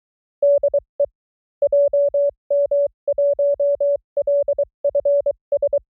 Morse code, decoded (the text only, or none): DE JM1LFS